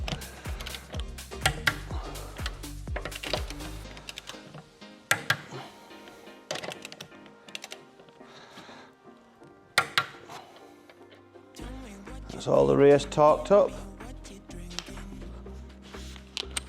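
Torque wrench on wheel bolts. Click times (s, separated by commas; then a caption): 1.5 s, 1.7 s, 5.1 s, 5.3 s, 9.8 s, 10.0 s. A torque wrench tightens the wheel bolts on the other side of an Audi A3 after its rear springs are replaced as a DIY MOT repair. Paired sharp clicks come at 1.5 and 1.7 s, 5.1 and 5.3 s, and 9.8 and 10.0 s, each pair as a bolt reaches the torque setting. Music plays and someone talks, with fainter taps near the end.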